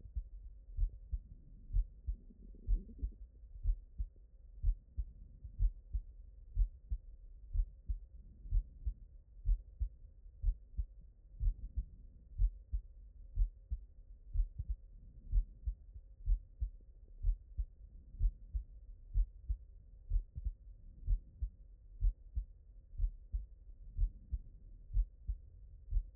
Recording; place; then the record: heart sounds by stethoscope; mitral valve (MV)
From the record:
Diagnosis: non-HFrEF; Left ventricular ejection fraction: 62%